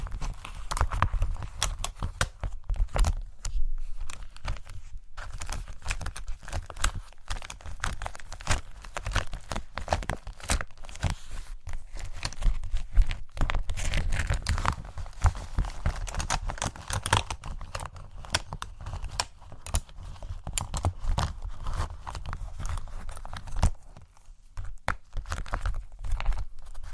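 A microphone is brushed and tapped in a dense, continuous stream of scratchy rustling and quick knocks, with a heavy low thump under much of it. The strokes come fast and unevenly for the whole half-minute, easing briefly around 24 seconds before resuming.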